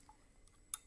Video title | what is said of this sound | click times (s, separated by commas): Flare Guns: the Unsung Tools of 20th Century Warfare | you just pop it down the muzzle like that it clicks in place and doesn't fall out | 0.7 s